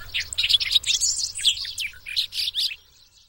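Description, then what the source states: Bobolink song, a rapid bubbling jumble of bright metallic and buzzy notes. Several birds.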